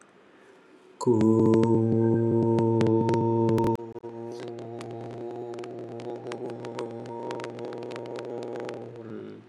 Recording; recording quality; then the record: sustained vowel as in boot; excellent, no background noise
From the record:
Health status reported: healthy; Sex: male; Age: 32 years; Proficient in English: yes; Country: India